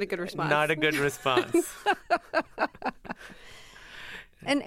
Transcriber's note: laughter